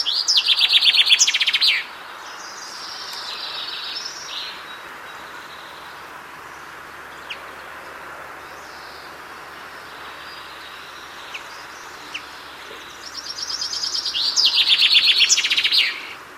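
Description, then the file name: Common chaffinch song: a bright series of notes ending in a flourish, heard at the start and again near the end, with faint chirps between. "Fringilla coelebs"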